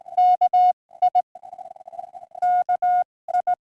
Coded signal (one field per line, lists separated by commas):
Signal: Morse code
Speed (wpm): 19 wpm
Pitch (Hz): 720 Hz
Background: music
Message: KI KI